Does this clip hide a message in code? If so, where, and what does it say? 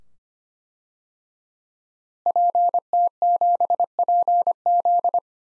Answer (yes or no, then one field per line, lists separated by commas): yes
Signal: Morse code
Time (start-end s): 2.3-5.2 s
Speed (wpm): 25 wpm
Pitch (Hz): 700 Hz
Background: none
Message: PT7PZ